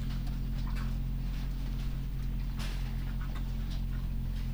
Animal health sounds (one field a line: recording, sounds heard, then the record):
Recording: poultry house recording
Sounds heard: sick chickens (respiratory disease)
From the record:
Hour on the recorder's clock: 4